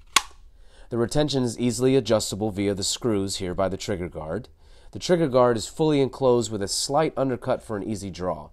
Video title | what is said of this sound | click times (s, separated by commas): Top 10 Best Concealed Carry Holsters For Appendix Carry Buy 2023 | this is the right hand model here and the first thing you notice is our posi-click audible retention that lets you know when the gun is securely holstered with a satisfying click | 0.2 s